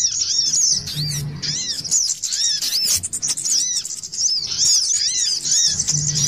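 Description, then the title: Little spiderhunter song: a dense, high, continuous chatter of thin squeaky notes, with repeated arched chirps lower down, running almost without pause. Masteran training song; local name sogok ontong labaik. "Masteran Burung Sogok Ontong Labaik"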